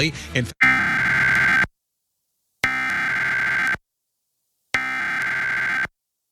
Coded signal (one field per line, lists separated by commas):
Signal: Emergency Alert System (SAME) tones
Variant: header bursts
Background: speech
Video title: EAS #1074-1076: 3 EAS Required Monthly Tests- Apr. 12, 2025- 8:00AM PDT